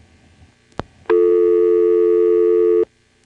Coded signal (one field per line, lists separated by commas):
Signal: telephone call progress tone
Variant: North America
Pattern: dial tone